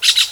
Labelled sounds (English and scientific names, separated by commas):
Brown-throated Parakeet (Eupsittula pertinax) contact call